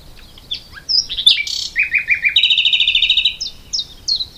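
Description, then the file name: Common nightingale singing a varied phrase: scattered high chirps and slurred notes, then a fast run of rapid repeated notes, ending with a few sharp high notes. "Luscinia megarhynchos"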